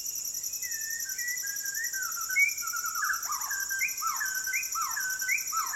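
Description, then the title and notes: White-crowned shama whistled phrases, smooth sliding notes, several in quick succession, over a steady high-pitched insect chorus. Fluting calls in a dusk chorus as the sun sets over a rainforest valley in Maliau NP, Borneo; recorded with Sony PCM D10, Lom MikroUsi mics and windshields. "Borneo Rainforest - Evening - Dusk Chorus With Shama. The fluting calls of White-crowned shamas fill the valley as the sun sets over the jungles of Maliau NP, Borneo"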